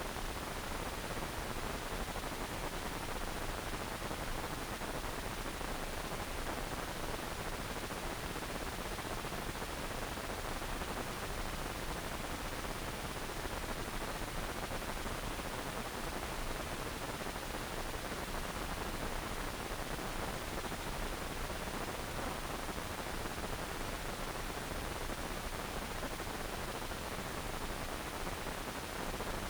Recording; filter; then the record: brain microelectrode recording played as sound; wide band, above 20 Hz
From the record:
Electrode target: subthalamic nucleus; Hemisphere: right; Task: reaching with the left hand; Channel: 1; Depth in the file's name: 1.506 mm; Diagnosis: Parkinson's disease